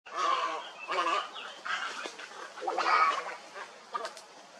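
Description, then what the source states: Herons calling together: rough, drawn-out squawks and croaks overlap almost continuously, swelling and fading, with short clicking notes near the end. Recorded at a heronry.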